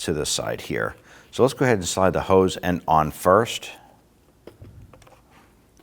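Someone talks while working on the plastic EVAP hose end quick-connector, which goes onto the vapor canister vent solenoid port of a 2006-2010 Hummer H3. After the talking stops, faint short handling ticks are heard at about 4.5 to 5.1 seconds as the hose end is moved into place. Nothing has seated or clicked yet.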